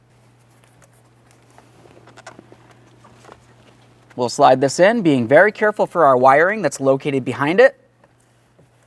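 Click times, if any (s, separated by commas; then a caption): none. An airbag module is lined up and slid into the steering wheel of a 2005–2010 Chevrolet Cobalt, with the wiring behind it handled carefully. Faint handling taps and rustles come first, then someone talks from about 4.2 to 7.7 seconds. The module has not been pressed in yet, so nothing has clicked or seated.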